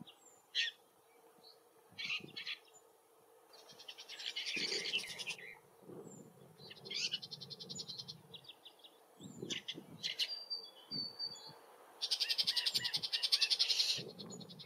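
Woodchat shrike uttering harsh rasping bursts mixed with quick warbled and whistled notes in an irregular stream, while low thumps and rustles come and go beneath.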